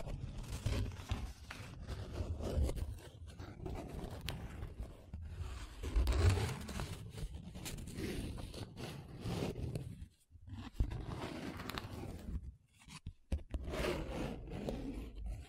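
Paper being rubbed and scratched, with a dense rough rustle that keeps changing as strokes sweep back and forth. The scraping swells and fades in uneven bursts, heaviest in the low range, with brief silent gaps near ten and thirteen seconds.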